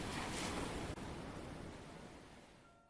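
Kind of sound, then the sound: sound effect, crashing ocean waves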